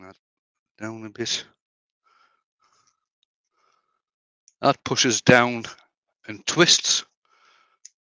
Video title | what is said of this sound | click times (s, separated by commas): Dremel 8260 unboxing | and locks into place so that's your disc locked into place there | 7.9 s